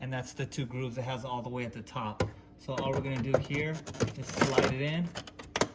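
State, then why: Not seated. Someone talks while handling a new, light Pure Source plastic water filter cartridge with two grooves at the top, getting ready to slide it into the filter housing of a Frigidaire refrigerator. A brief sharp sound is heard near 5.6 s, but the filter has not seated or clicked home yet.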